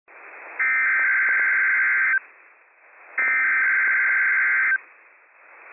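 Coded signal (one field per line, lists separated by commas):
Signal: Emergency Alert System (SAME) tones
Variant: header bursts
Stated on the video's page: Real operational required weekly test from NWS Pendleton, Oregon, transmitted on NOAA weather radio station.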